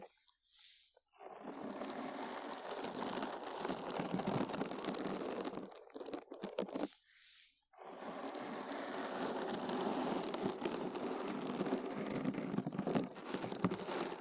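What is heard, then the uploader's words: ASMR brain scratching: dense, grainy scraping and crinkling that runs steadily from about one second on, rustling across low and bright tones alike. It breaks off briefly near six seconds and again around seven, then resumes just as thick until the end. ASMR Deep Brain Scratching（No Talking）.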